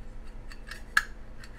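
A tight lid is pressed onto an MSR Titan titanium camping kettle, with a few faint scraping ticks before a sharp, loud click at 0.97 s as the click-to-lock tab engages. The lock isn't perfect but it works, and the lid is seated.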